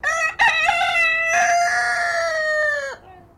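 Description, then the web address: Silkie chicken crowing: a brief rough opening note, then one long, steady, slightly falling harmonic crow lasting about two and a half seconds. "Sound Effects-Foundation 1 BIRD CHICKEN SILKIE CROW"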